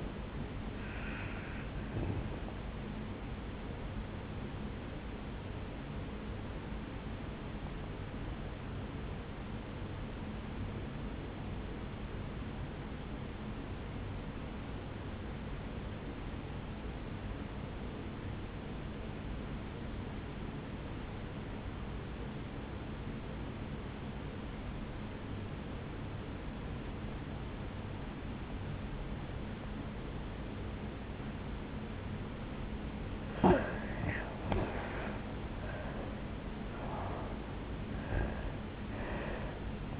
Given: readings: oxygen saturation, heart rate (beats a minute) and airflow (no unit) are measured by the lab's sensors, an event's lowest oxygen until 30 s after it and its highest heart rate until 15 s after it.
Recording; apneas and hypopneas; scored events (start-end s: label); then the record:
breathing in sleep by a voice recorder at the bedside; 1
9.00-34.00 s: obstructive apnea (N2, oxygen 96% highest, then 81% lowest, heart rate 56 at the start, 76 highest)
26.00-40.00 s: new sleep stage, N1 (lightest sleep)
From the record:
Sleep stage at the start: N2 (light sleep); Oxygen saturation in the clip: 84 to 96%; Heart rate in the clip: 56 to 74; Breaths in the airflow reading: 5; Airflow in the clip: -10.2 to 6.9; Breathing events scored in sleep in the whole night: 449 in 7.0 hours asleep